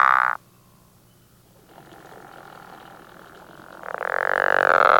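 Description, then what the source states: Pickerel frog giving snoring, pulsed croaks: the tail of one call at the start, a faint drawn-out snore in the middle, and a loud snore at the end. Recorded in Texas.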